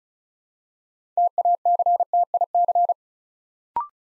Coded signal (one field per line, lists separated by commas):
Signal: Morse code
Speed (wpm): 36 wpm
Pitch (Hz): 700 Hz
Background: none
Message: TACTIC